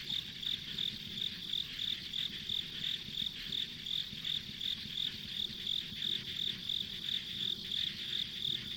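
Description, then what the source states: Insect chorus of high, regular chirps around three per second, a continuous softer trill beneath and gentle low rumble. Ambient insect sounds on a rural country road.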